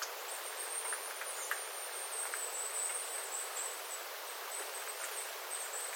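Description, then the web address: Small birds giving thin, very high calls in a near-continuous chatter, with soft ticking drips of water throughout. Small flock of birds calling while water drips from the eaves after rain, 9 September 2025. "paivat 9 9 2025 pikkulintuparven aantelya vesi tippuu raystaalta sateen jalkeen"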